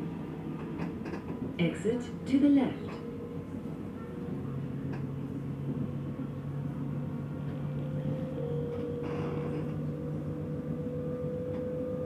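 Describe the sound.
A steady low rumble and hum fill the inside of a moving commuter train, with a faint tone holding level throughout. Around two seconds in, a brief burst of voices and a chirp rise above the drone, then the ride settles back to its even, continuous sound.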